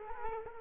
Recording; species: mosquito wingbeat signal from an infrared sensor; Culex quinquefasciatus